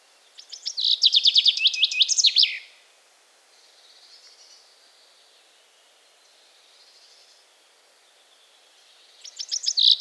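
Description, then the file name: Common chaffinch singing a fast, descending trill with a terminal flourish, then quiet faint notes, then a second song starting at the end. "erdei pinty"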